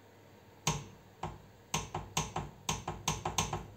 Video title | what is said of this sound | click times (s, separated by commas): HAZET torque wrench | And now we will hear a click. | 0.7 s, 1.7 s, 2.2 s, 2.7 s, 3.1 s, 3.4 s